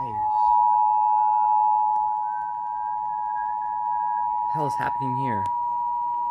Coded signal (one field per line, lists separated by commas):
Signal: Emergency Alert System (SAME) tones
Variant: 853 and 960 Hz attention tone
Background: speech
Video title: EAS #59 - Spokane CAE / Cable box mishap